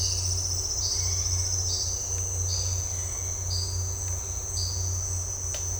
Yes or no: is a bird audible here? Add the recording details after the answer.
yes. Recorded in dense forest near Puerto Asís, Putumayo, Colombia, on 8 March 2025 at 17:30. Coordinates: 0.468, -76.322. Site GP01